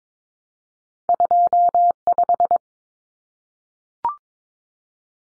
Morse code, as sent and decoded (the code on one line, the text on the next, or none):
..--- .....
25